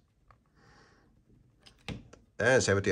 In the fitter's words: and click them into place